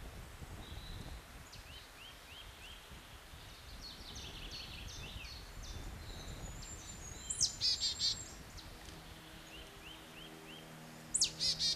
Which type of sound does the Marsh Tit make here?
song